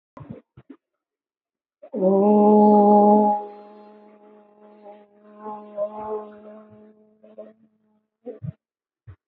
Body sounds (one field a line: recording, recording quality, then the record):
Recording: sustained vowel as in boot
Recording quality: excellent, no background noise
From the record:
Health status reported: healthy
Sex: female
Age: 56 years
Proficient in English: yes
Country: India